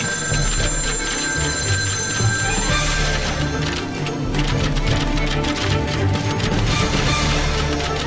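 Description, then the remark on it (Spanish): A telephone rings on and on with steady, high bell tones, layered over a dense, busy clatter of other noise. No one speaks. “El teléfono que lo atiende otra persona.”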